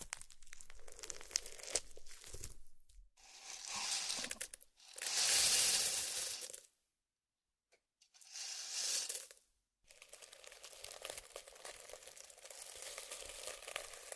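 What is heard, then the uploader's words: Crinkly and crunchy slime sounds come in bursts with short squelching swells, loudest and brightest around the five-to-six second mark. A near-silent gap falls at about seven seconds before steady fine crackling resumes. Slime Sounds.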